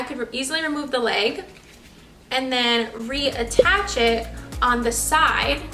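An adjustable leg is being removed and reattached to the side of a raised dog food bowl stand with a matte black look, about six to eight inches tall, so the leg can lock into place. Someone talks over background music while the leg is handled, and nothing has seated or clicked yet.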